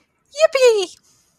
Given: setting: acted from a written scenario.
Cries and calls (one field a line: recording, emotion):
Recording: vocal sound without words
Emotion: elation